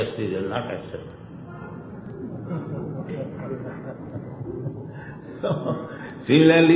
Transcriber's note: laughs